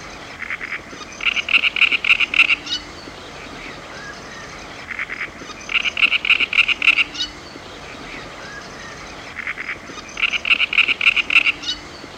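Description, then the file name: Great reed warbler repeating its song three times: creaky starting notes, then a loud burst of rhythmic, throaty, rasping chirps. "Grote karekiet - Sound Cloud - Beeld en Geluid"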